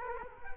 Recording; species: mosquito wingbeat signal from an infrared sensor; Culex quinquefasciatus